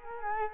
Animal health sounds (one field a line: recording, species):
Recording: mosquito wingbeat signal from an infrared sensor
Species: Culex quinquefasciatus